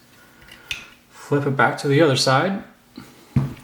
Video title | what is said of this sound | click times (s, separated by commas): Smith & Wesson 422 reassembly 1080p | I'll click in place | 0.7 s